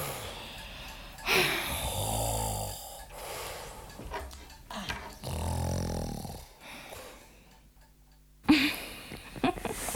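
person snoring

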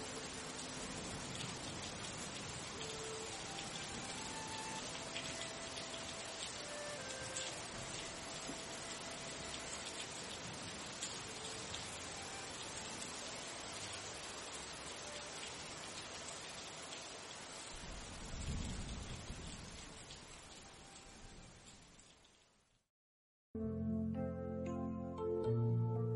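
heavy pouring rain

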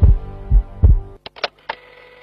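heartbeat sound effect

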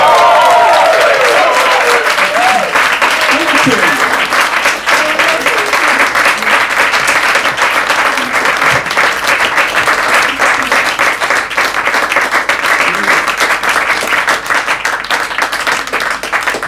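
audience applauding

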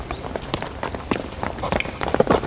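footsteps of people walking

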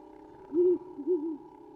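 owl hooting

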